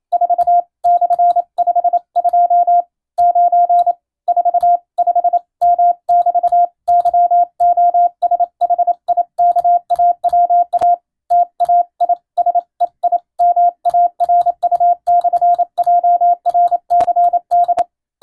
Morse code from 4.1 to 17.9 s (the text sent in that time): 45M<BT>YOSHIKAWA TAISEIMARU/JRCD